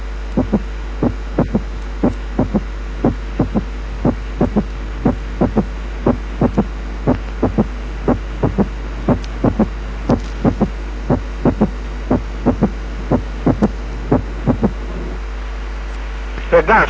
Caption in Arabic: تاني حاجة ممكن تعمل صوت زايد بعد السكند ساوند هو الثيرد هارت ساوند. ده ما. بتسمعش عادة الا بالكون بضغط خفيف، ولما تكون السماعة اما على الايبكس وفي الحالة دي بيكون. جنريتد في الليفت فنتكل، او على الترايكاسبيد اريا وفي الحالة دي بيكون جنريتد في الرايت فنتكل.